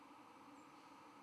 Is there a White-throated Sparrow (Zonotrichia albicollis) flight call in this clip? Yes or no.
no